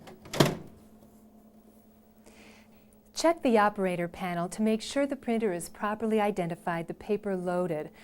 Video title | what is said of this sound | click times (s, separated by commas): Pennant Training - IBM 2930 key Operator Training | the cassette cover and push it firmly into its slot until it clicks into place | 0.3 s, 0.4 s